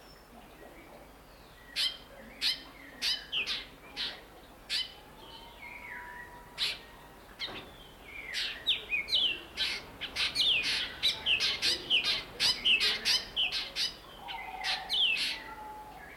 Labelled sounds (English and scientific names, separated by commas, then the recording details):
Black Drongo (Dicrurus macrocercus)
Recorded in captivity
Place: Zoo Berlin, Berlin, DE
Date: 1992-07-11 10:40
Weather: bedeckt, z.T. Regen, 17-22°C
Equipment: Marantz CP 430, Sennheiser ME 80, Kopie Tesla B 116
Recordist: Tembrock, Günter